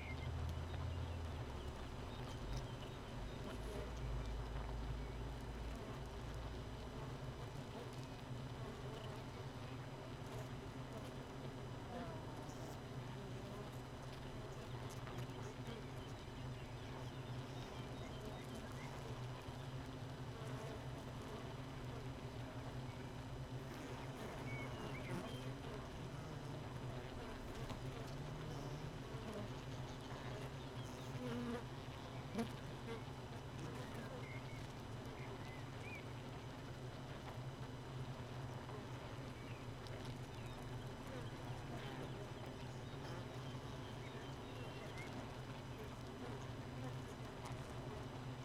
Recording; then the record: honeybee colony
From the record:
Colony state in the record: missing queen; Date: 31 May 2018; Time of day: 4:01